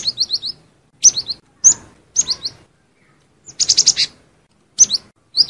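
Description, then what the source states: Lovebird giving shrill high chirps in quick clusters of up to five notes, separated by short pauses. Lure call used for trapping lovebirds.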